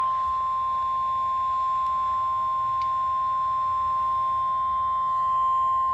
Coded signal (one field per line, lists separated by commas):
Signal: Emergency Alert System (SAME) tones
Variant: 1050 Hz attention tone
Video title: (EAS #317) Severe Thunderstorm Warning for Columbia, Dane, and Dodge, Wisconsin